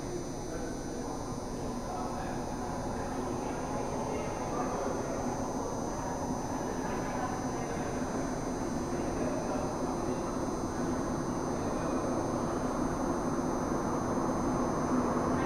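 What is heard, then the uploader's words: At a mountain railway station, a dense, steady murmur of many voices blends with a low rumble, growing slightly louder toward the end. Lingering At Snowdon Station. I frequently find myself on the blue line at this station.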